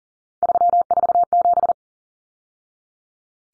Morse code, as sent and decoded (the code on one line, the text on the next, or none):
...-- ....- --...
347